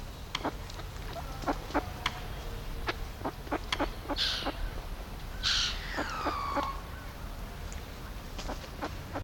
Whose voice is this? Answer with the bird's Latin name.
Anas platyrhynchos